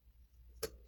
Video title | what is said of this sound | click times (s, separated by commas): Making a Pair of Anglo-Saxon Style Disc Brooches | Okay, and with that popped into place, getting the seam lined up where I'd like it, | 0.6 s